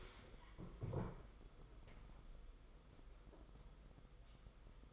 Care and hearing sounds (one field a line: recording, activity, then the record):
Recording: daily activity, microphone in the room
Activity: stand up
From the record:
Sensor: 5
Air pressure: 990.6 hPa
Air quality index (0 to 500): 150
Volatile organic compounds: 162 ppm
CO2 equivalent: 4072 ppm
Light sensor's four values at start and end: 44/135/52/55 and 44/134/52/55